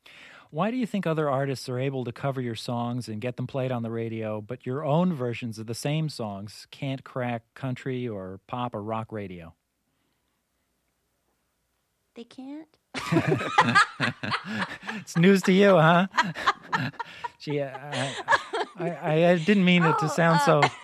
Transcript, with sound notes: Why do you think other artists are able to cover your songs and get them played on the radio, but your own versions of the same songs can't crack country or pop or rock radio?
They can't? (laughs)
It's news to you, huh? Gee, I didn't mean it to sound so